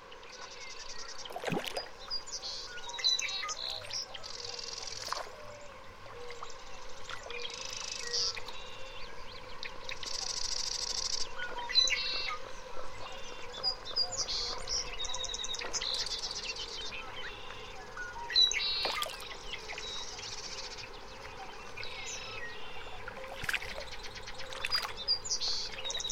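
Birds call steadily around a quiet mountain lake, with bright chirps and trills layered through the whole stretch. A soft, constant hum of insects sits underneath, and a few sharp, brief ticks or small splashes stand out near the start and around the middle.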